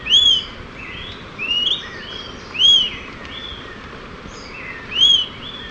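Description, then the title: Smoke-colored pewee calling with four bright arched whistles at uneven spacing, some paired with quieter notes, against a constant hiss. Subspecies ardosiacus. "LuckyPassaro Completos2Sama. Smoke-colored Pewee (Contopus fumigatus ardosiacus)"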